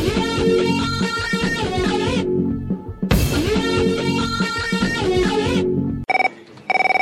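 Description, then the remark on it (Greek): A busy, bright electronic melody plays for about six seconds, then cuts to a short burst of steady, buzzy telephone ring tones with a brief gap between them. No one speaks. “Που τράκαρε την κόρη του από πίσω και σε πήρε τηλέφωνο και έλεγε για ασφάλειες και μαζικίες.”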